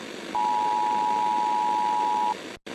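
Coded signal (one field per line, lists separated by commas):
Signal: Emergency Alert System (SAME) tones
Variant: 853 and 960 Hz attention tone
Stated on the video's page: Fictional EAS scenario, simulated alert.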